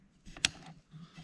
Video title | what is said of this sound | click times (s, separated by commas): 2022 Beta 250 Race Edition, 2-Stroke Kick Start Install, AB-21192, 3 Seas Recreation, Beta 300 rr | you'll hear it make that little connection. | 0.4 s